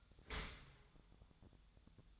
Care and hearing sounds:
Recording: daily activity, microphone in the room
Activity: open dishwasher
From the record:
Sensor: 3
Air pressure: 1004.6 hPa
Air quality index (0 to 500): 106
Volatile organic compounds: 4 ppm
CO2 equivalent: 1660 ppm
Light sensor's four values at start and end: 7/17/7/6 and 7/17/7/6

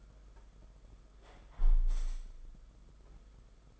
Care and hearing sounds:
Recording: daily activity, microphone in the room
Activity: close window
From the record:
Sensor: 5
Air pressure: 991.4 hPa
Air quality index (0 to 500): 105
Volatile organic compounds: 21 ppm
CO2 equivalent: 2720 ppm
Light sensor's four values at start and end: 39/125/47/51 and 39/125/47/50

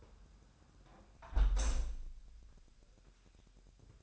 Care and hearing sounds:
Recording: daily activity, microphone in the room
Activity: close window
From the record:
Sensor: 2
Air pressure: 1000.1 hPa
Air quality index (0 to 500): 235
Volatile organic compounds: 70 ppm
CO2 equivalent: 3516 ppm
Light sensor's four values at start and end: 9/21/8/8 and 8/20/8/8

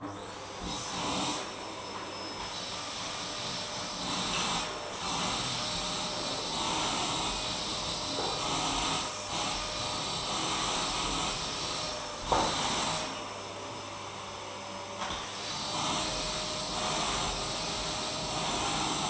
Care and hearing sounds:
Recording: daily activity, microphone in the room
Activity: vacuum cleaning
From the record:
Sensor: 1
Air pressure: 999.3 hPa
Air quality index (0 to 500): 206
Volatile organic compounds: 48 ppm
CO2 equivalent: 3262 ppm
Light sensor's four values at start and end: 9/22/8/9 and 9/21/8/9

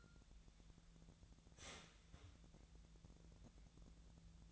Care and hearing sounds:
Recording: daily activity, microphone in the room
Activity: start toaster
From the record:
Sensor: 3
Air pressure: 1000.2 hPa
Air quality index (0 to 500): 158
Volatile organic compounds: 3 ppm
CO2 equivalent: 1394 ppm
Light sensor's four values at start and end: 35/90/37/40 and 36/91/38/41

